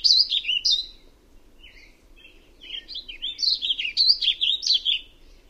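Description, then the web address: Warbling vireo singing a fast, husky warble of slurred up-and-down notes, a brief phrase, a soft quieter passage, then a louder rambling run. "Songs of Birds of North America Know Your Bird Sounds Common Western Species. Warbling Vireo"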